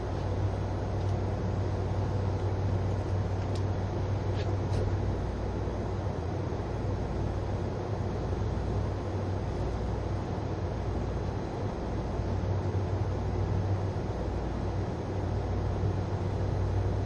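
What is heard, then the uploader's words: Inside a quiet green car, a steady low engine drone mixes with the hum of the motor, holding an even level throughout. A deep rumble pulses faintly underneath, and a few soft high squeaks or clicks appear around the fourth and fifth seconds. HC85系 ひだ01号(グリーン車) 01/01:名古屋～高山. ハイブリッド方式としては日本最速となる120km/h運転を行うHC85系です。 グリーン車の静粛な空間ながらエンジン音とモーター音のバランスが抜群で. A great balance between the engine sound and the motor sound in a quiet space of the green car.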